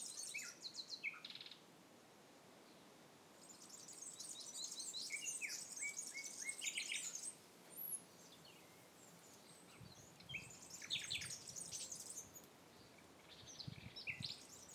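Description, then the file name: Common nightingale singing varied phrases: high buzzy bursts, short rapid chattering notes and brief whistles, separated by short pauses. "nachtigall 2016"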